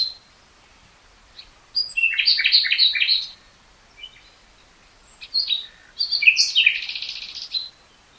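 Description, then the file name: Common nightingale song: two phrases of quick repeated chirps and rattles separated by a pause, the second ending in a high buzzy note. "Luscinia megarhynchos"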